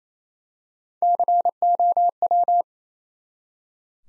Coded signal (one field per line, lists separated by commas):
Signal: Morse code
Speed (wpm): 29 wpm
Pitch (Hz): 700 Hz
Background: none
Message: COW